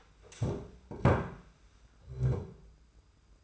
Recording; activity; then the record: daily activity, microphone in the room; stand up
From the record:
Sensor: 2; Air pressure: 991.5 hPa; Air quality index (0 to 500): 174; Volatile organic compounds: 1000 ppm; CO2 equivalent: 5618 ppm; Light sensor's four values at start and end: 28/87/34/32 and 25/80/31/30